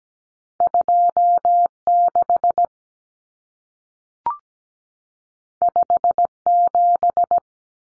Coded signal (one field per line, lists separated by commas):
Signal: Morse code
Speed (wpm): 17 wpm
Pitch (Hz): 700 Hz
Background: none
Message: 26 57